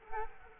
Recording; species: mosquito wingbeat signal from an infrared sensor; Culex quinquefasciatus